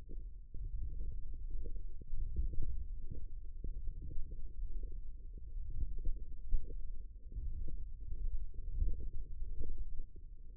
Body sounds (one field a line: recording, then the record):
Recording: forearm muscle sounds (acoustic myography)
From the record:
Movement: wrist extension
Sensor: system 1, eight BSWA MPA416 microphones around the upper forearm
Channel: 6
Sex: female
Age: 21 years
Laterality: right